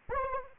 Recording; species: mosquito wingbeat signal from an infrared sensor; Anopheles arabiensis